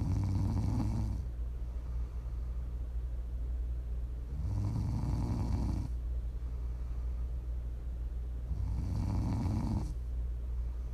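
Three rough, low snoring bursts on inhalation from a sleeping adult, about 14 breaths a minute, with quiet exhalations between; ASMR snoring for sleep or relaxation.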